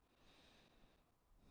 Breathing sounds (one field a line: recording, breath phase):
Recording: one breath near a microphone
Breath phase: inhalation